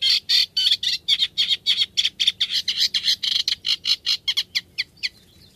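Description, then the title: Eurasian reed warbler singing a fast, scratchy chatter of repeated grating notes, the phrases easing off and fading near the end. Song described as chattily rhythmic, with even rough notes repeated two or three times, mixed with mimicry and whistles. "Viikon luontoääni: Rytikerttunen"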